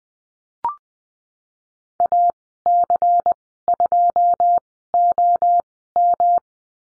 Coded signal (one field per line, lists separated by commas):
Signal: Morse code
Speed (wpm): 20 wpm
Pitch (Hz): 700 Hz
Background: none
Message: AC2OM